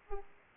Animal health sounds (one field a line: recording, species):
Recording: mosquito wingbeat signal from an infrared sensor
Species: Aedes aegypti